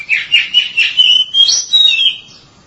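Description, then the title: Oriental magpie-robin song, a quick string of bright warbled whistles with rapid pitch slides, fading out at the end. "Suara Kicauan Burung Kacer"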